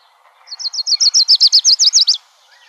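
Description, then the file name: Lucy's Warbler song: a fast trill of many sharp, high, repeated notes that grows louder and ends abruptly after under two seconds. From the AZFO (Arizona Field Ornithologists) sound library, recordist Deviche, dated 050502. "AZFO LUWA 4 deviche 050502"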